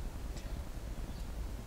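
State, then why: Not seated. An emergency hammer is being brought up to its plastic mounting holder and lined up with it, ready to be pushed in. Only faint low rumble and soft handling sounds are heard, with no distinct hits. Nothing has seated or clicked yet.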